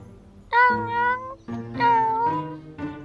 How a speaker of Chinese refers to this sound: 他叫了一声，丝毫不揉捏造作，一听就是正经猫叫。